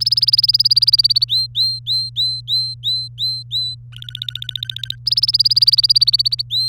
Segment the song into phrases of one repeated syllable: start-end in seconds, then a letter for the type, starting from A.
0.00-1.24 A, 1.28-3.75 B, 3.92-4.95 C, 5.06-6.42 A, 6.50-6.68 B